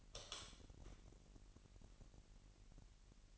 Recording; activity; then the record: daily activity, microphone in the room; light on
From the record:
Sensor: 4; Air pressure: 1002.7 hPa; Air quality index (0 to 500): 249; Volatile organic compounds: 14 ppm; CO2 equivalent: 2452 ppm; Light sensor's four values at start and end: 6/14/5/6 and 7/16/6/7